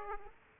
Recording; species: mosquito wingbeat signal from an infrared sensor; Aedes aegypti